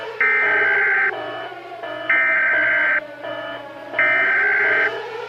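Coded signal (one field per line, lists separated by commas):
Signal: Emergency Alert System (SAME) tones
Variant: header bursts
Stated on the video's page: Fictional EAS tones in a Stranger Things–themed simulated scenario.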